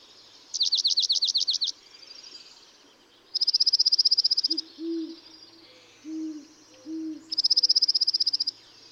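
Dark-eyed junco mixing a trill of looping notes with flat even trills; low mellow hooting notes sound between the trills.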